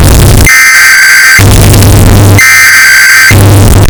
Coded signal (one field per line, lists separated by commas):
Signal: Emergency Alert System (SAME) tones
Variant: header bursts